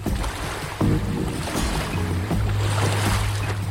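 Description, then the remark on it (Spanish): A steady, low motorboat engine drone with a faint pitch shift hums over a constant rushing wash of giant, ever-moving salt-water sea waves, with no voices throughout. “Era agua salada, con olas gigantescas que siempre se movían, y había muchos peces de distintas formas y colores, y barcos que no andaban a remo, sino con motores.”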